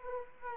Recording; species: mosquito wingbeat signal from an infrared sensor; Anopheles arabiensis